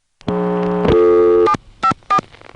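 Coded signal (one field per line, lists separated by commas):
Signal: DTMF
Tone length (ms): 80 ms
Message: 754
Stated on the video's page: Trunk signalling from senderized step-by-step (XY) exchanges in Manassas, 1976.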